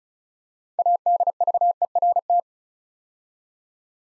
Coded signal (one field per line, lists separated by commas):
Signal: Morse code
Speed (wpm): 36 wpm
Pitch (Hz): 700 Hz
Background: none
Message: ADVERT